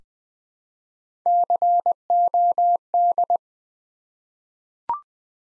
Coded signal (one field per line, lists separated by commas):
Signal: Morse code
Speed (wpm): 20 wpm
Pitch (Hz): 700 Hz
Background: none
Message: COD